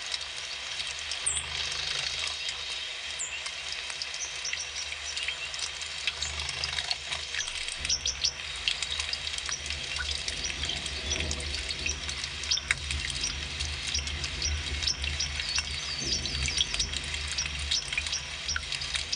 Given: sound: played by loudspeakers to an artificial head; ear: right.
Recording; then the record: nature sounds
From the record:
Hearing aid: class 2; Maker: A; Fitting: closed earmoulds, the maker's default for a moderate loss (N3)